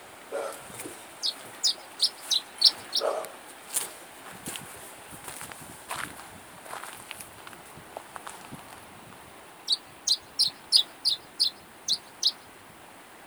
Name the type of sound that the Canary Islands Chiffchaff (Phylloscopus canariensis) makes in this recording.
song